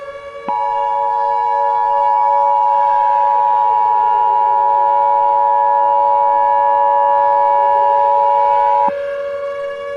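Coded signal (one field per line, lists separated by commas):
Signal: Emergency Alert System (SAME) tones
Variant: 853 and 960 Hz attention tone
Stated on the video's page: EAS tones as heard in the film Battle: Los Angeles.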